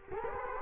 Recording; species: mosquito wingbeat signal from an infrared sensor; Culex quinquefasciatus